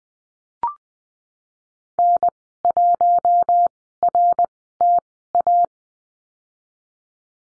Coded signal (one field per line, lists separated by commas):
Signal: Morse code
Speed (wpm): 20 wpm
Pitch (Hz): 700 Hz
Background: none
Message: N1RTA